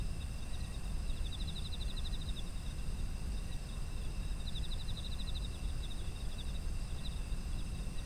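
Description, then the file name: Insect calls: two clear runs of fast pulsed chirps plus a brief third, set against constant shrill insect tones and low rumbling noise. Autumn insects, environmental ambient sound. "秋の虫の環境音"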